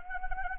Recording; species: mosquito wingbeat signal from an infrared sensor; Anopheles arabiensis